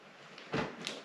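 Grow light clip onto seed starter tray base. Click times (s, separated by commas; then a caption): 0.9 s. A plastic grow-light arm from a Letpot Smart Seed Starter Kit is pushed onto the seed starter tray base while the small side button is pressed. A soft scrape at about 0.4 s and a broadband rustle around 0.5–0.6 s lead into a short, sharp click at 0.9 s as the clip engages. The arm is seated on the base.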